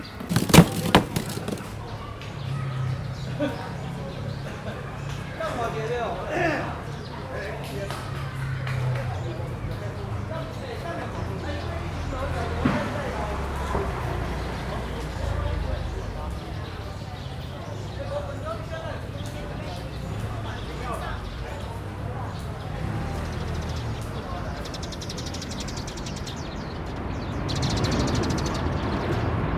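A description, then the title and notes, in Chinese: Park chatter and steady traffic from after-school and evening commutes fill the scene, with a low vehicle rumble, a few early knocks, and faint birdsong. 傍晚，樹德公園和它的週邊。隨著四週放學和下班車聲一同響起的，不只公園裡的人聲，也有樹上回巢的鳥們。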